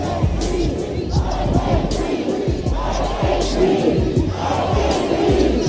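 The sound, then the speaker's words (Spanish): A large multiethnic protest crowd takes to the streets after George Floyd's killing, shouting in unison a chant that symbolizes the oppression of Afro-descendants. The phrase rises and falls in a steady repeating rhythm, loud and continuous, with a dense roar of many voices beneath it. “Es el grito que simboliza la opresión por ser afrodescendiente.”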